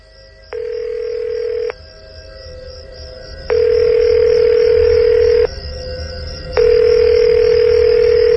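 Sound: phone call ringing unanswered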